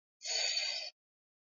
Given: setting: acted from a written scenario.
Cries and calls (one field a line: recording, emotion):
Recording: vocal sound without words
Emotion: desire